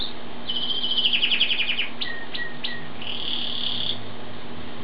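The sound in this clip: Bird song: a fast chirping trill of high notes, followed by a few short sharp chirps and a thin, even high note, over a steady low hum.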